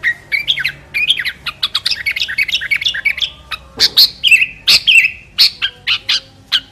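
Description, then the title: Sooty-headed bulbul song: rapid jumbled chirps and twitters, then a run of short, sharp whistled notes with brief pauses between them. "Kutilang"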